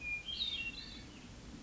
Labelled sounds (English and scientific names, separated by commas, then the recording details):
Hermit Thrush (Catharus guttatus)
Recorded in Sonoma County, California